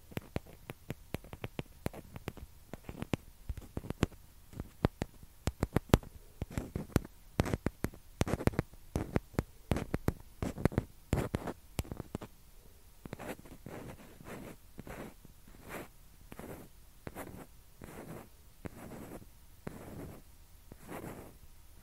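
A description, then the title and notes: A ping pong ball is tapped and scratched against a surface in quick, uneven bursts of sharp clicks. The first half is dense with crisp taps. After about twelve seconds the sounds turn into softer, longer scraping strokes that come at a steadier pace. ASMR TAPPING AND SCRATCHING WITH PING PONG BALL.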